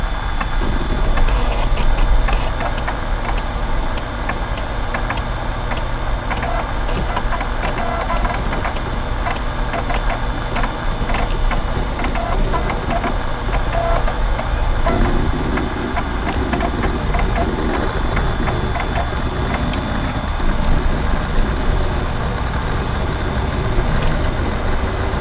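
Old computer equipment runs with a steady, dense mechanical whir and a low hum underneath. Rapid ticking and clicking patter on top throughout, like a print head or drive working. Around fifteen seconds the low drone shifts and thickens, then holds to the end.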